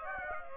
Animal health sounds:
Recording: mosquito wingbeat signal from an infrared sensor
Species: Aedes aegypti

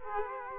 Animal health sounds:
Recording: mosquito wingbeat signal from an infrared sensor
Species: Culex quinquefasciatus

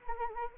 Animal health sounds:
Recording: mosquito wingbeat signal from an infrared sensor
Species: Anopheles arabiensis

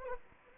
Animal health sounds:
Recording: mosquito wingbeat signal from an infrared sensor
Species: Anopheles arabiensis

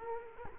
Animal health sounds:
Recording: mosquito wingbeat signal from an infrared sensor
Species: Culex quinquefasciatus

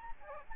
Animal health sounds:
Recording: mosquito wingbeat signal from an infrared sensor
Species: Aedes albopictus

